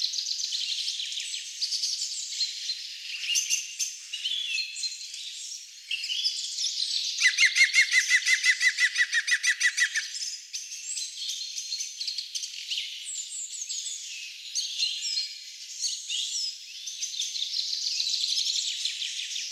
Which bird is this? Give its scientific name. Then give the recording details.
Picus viridis. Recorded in the wild. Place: Oberrotweil am Kaiserstuhl, Baden-Württemberg, DE. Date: 1996-03-17. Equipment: Dat-Recorder Casio DA 7, Telinga DAT, Telinga-Parabolspiegel. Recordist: Schwarz, Dieter